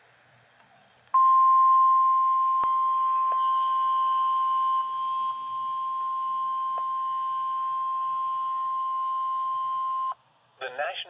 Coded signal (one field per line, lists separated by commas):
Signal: Emergency Alert System (SAME) tones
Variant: 1050 Hz attention tone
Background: speech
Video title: {EAS #1} Out of County Alert Pt. 2